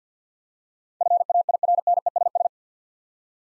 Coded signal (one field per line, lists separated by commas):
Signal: Morse code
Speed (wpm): 50 wpm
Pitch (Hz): 700 Hz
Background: none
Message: FAIRNESS